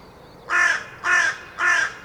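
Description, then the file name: Carrion crow giving three rough, nasal caws in a short regular series. "Corvus corone"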